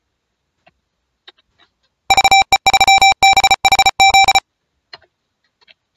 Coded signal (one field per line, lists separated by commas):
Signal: Morse code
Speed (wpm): 34 wpm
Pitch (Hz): 2350 Hz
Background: none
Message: VE3BHZ